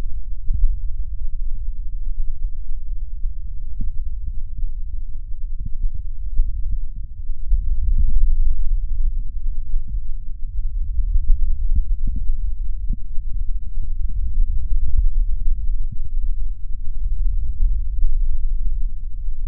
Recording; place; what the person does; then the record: lung sounds by stethoscope; right anterior apical chest; quiet breathing, then deep breathing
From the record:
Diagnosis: COPD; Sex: male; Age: 78 years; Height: 162 cm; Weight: 66.4 kg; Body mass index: 25.3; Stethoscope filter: bell mode